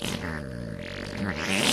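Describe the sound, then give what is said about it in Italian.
A long, buzzy fart lasting nearly two seconds, let slip while greeting a party colleague amid a murmuring opposition, low and rasping with a wavering pitch, fairly loud throughout and swelling slightly at the end. No one speaks over it. “L'opposizione rumoreggia e a me, nel bel mezzo di un saluto a un compagno di partito, mi scappa una scorreggia.”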